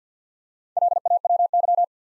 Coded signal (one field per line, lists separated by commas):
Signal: Morse code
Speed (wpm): 49 wpm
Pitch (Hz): 700 Hz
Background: none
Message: LAWY